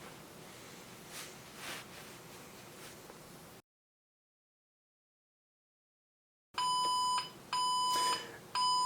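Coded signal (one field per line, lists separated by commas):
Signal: beep code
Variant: Heathkit H8 computer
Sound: soft hiss, a pause, then repeated short 1 kHz beeps with small gaps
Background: background hiss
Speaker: that continuous beeping is not good that implies that what had happened is it had an error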